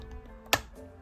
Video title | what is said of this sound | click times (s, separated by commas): The LEGO Gameboy is building bliss - Review | and just slide it in. Much less satisfying click, that one, but there we go. | 0.5 s